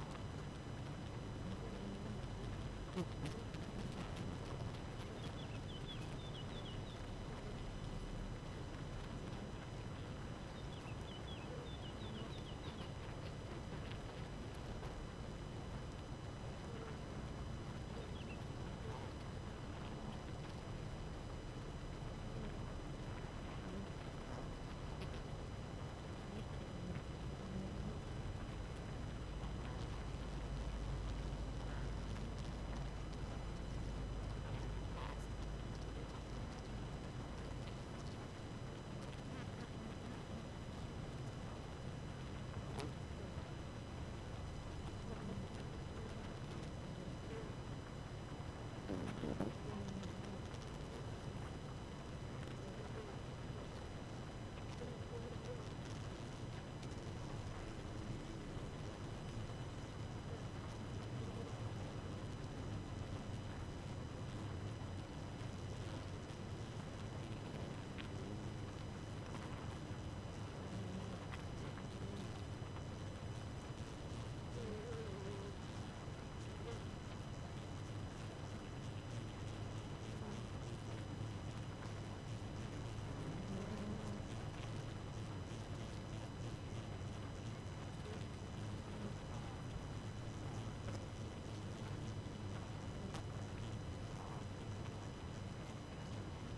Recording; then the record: honeybee colony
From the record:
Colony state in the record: active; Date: 12 June 2018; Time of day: 4:01